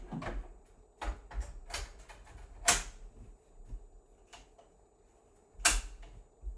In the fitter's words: it just clicks right into place like that